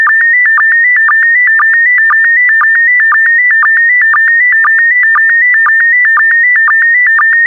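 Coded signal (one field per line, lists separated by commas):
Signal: SSTV (slow-scan television)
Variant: PD120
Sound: steady warbling tone stepping between pitches, with short low blips twice a second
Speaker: complete you can now check your decoded image against the picture that is shown on the video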